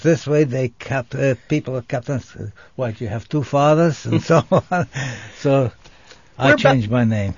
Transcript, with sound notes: This way, they kept --- the people kept on say---, "What do you have two fathers?" [Laughs] And so on. So I changed my name.